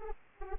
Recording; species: mosquito wingbeat signal from an infrared sensor; Anopheles arabiensis